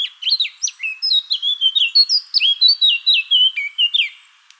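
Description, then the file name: Eurasian blackcap song: a rapid series of clear, fluty whistled notes that fades out at the end. "Sylvia atricapilla"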